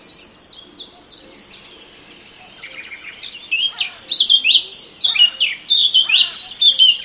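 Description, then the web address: Eurasian blackcap song: quick high downslurred notes at first, then after a pause a louder rich warble of fluty and sharp notes running to the end. "cianscape birddata Deverinetal 2025"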